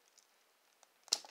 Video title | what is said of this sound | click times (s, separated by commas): SUPER HERO MASHERS SPIDR-MAN BY HASBRO | now you hear that click now get that now | 1.1 s